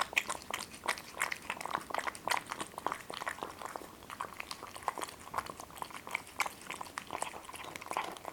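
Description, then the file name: Cat eating sounds, a steady stream of crisp chewing clicks and crunchy bites, irregular and busy across the whole stretch, no calls heard. Two cats eating. "Boris and Ivo two Cats are eating"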